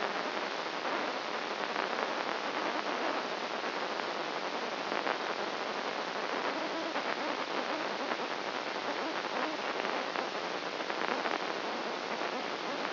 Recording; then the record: brain microelectrode recording played as sound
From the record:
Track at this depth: inside the subthalamic nucleus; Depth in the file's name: 2.84 mm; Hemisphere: right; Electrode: 2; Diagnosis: Parkinson's disease